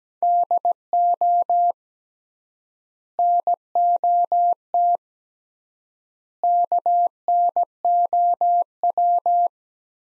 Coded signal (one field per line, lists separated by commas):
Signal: Morse code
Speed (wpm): 17 wpm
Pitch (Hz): 700 Hz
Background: none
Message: DO NOT KNOW